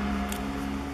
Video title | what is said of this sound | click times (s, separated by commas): Blackberry 9380 | metemos hacia arriba y ya después en palmamos este entra a presión acaba | 0.3 s